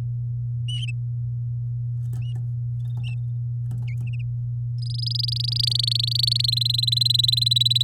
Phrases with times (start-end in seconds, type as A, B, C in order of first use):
4.78-6.50 A, 6.52-7.83 B